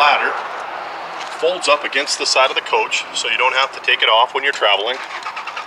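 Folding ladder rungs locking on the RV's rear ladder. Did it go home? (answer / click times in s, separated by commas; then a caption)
no / none. A folding rear ladder on the side of a 2014 Heartland Cyclone 3800 RV coach is handled; its rungs fold up against the coach so the ladder needn't be removed for travel. Someone talks over a steady background hiss. The rungs have not yet locked into place, and nothing has clicked.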